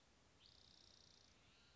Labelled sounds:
Spotted Towhee
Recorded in Sonoma County, California

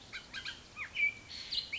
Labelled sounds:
Bullock's Oriole
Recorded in Sonoma County, California

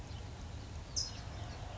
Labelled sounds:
California Towhee
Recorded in Sonoma County, California

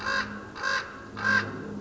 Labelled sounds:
Common Raven
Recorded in Sonoma County, California

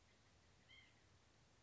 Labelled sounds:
White-breasted Nuthatch
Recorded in Sonoma County, California

